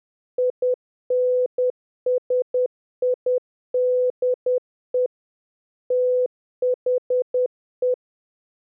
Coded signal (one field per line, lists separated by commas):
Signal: Morse code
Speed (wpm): 10 wpm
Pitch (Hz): 500 Hz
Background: none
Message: INSIDE THE